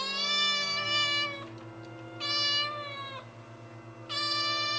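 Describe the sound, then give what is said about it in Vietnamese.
A tabby cat at the porch of a house lets out three long, wailing meows that rise and fall like a crying child, each drawn-out cry separated by brief pauses over a low steady hum. “Nó hướng đôi mắt màu nâu đen nhìn vào bên trong rồi kêu lên vài tiếng, nghe như tiếng của trẻ con khóc.”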